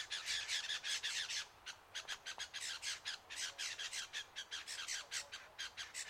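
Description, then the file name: Lewin's honeyeater uttering loud, scratchy distress squawks in rapid succession, a dense burst first, then a short lull, then steady repeated calls. "BIRD LEWINS HONEY EATER DISTRESSED CALL"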